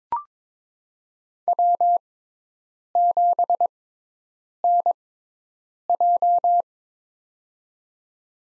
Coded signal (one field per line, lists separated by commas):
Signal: Morse code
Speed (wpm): 22 wpm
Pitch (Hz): 700 Hz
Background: none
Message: W7NJ